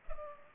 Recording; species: mosquito wingbeat signal from an infrared sensor; Culex pipiens